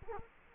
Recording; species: mosquito wingbeat signal from an infrared sensor; Culex quinquefasciatus